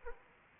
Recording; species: mosquito wingbeat signal from an infrared sensor; Aedes aegypti